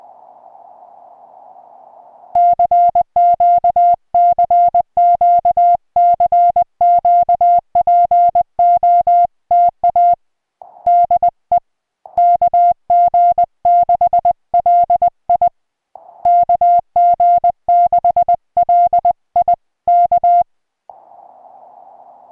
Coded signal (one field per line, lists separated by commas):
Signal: Morse code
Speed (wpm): 20 wpm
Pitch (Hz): 700 Hz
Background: music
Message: CQ CQ CQ POTA DE KG6LI KG6LI K